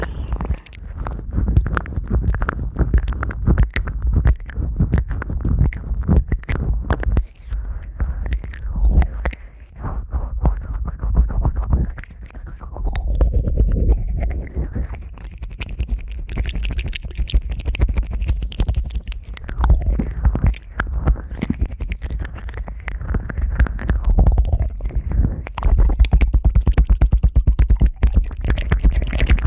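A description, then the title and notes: Fast, wet ear licking, a dense stream of quick slurping and clicking mouth sounds with no pauses. The sound stays heavy and low with crisp smacks on top, and grows slightly louder and busier in the last few seconds. ASMR Ear Licking Fast.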